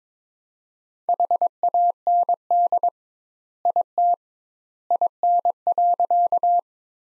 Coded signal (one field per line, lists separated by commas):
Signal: Morse code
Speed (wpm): 21 wpm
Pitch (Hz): 700 Hz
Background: none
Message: HAND IT IN.